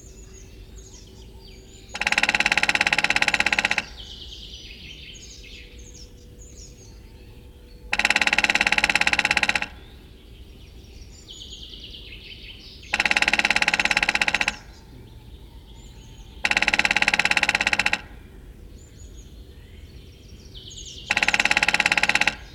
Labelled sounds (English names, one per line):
Lesser Spotted Woodpecker drumming